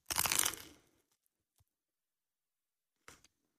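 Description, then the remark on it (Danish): A bite into canned foie gras: a loud, crackly burst of mouth noise that fades within a second, then a faint click and a brief, quieter smacking burst a moment later. No talking. “Men vi kan da lige prøve at teste, om jeg kan, når jeg har taget en bid, hvis det virkelig smager så himmelsk og er så fint kulturelt, som folk påstår.”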